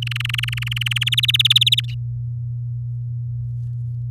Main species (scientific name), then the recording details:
Serinus canaria. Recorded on 6 May 2018 at 06:15. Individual llb16